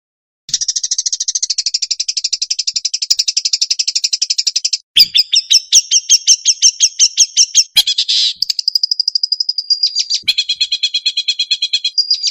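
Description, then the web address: Long-tailed shrike song: fast, harsh, high chattering trills in several distinct segments, switching between buzzy rattles, clearer repeated notes and a sustained whistled tone, with brief gaps between phrases. Training recording with varied fill-in phrases. "cendet variasi isian. masteran cendet"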